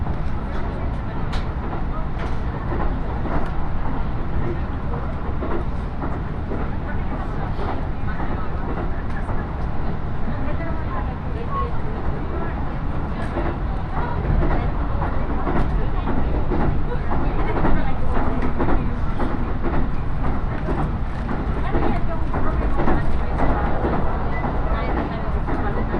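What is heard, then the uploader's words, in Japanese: A ride on the Iida Line train between Tatsuno and Ina-shi: a steady, heavy rumble of the moving carriage fills the whole clip, dotted with frequent rattles and clicks from the track. Voices murmur underneath, and the noise swells slightly past the midpoint. 鉄道旅 飯田線 辰野→伊那市。やってきたのは313系の2両編成。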